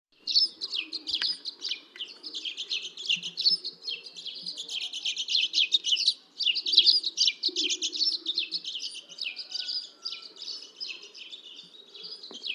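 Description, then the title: Dead Sea sparrow giving a long, busy chatter of high chirping notes in dense bursts. "Aplikasi Suara Burung. Dead Sea Sparrow (Passer moabiticus)"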